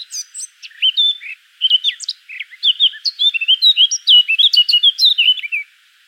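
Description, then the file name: Eurasian blackcap warbling rapidly, quieter chatter opening into a sustained run of loud, clear whistled notes. "Sylvia atricapilla"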